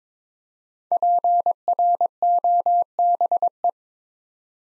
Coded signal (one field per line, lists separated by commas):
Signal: Morse code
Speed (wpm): 23 wpm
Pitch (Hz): 700 Hz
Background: none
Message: PROBE